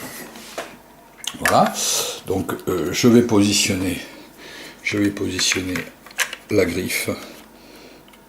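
Someone talks while handling the plastic cleaning claw accessory of a Duomishi Technology multi-function mandoline, positioning it toward its spot on the mandoline's accessory holder. There are light plastic knocks and rubbing, with a sharp tap near 1.3 s. The claw has not clipped in or seated yet.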